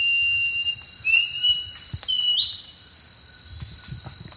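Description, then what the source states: Thrush-like schiffornis whistling a short rising phrase of two slurred notes, the second climbing sharply, with constant high-pitched insect buzz behind. Recorded in the eastern lowlands of South America.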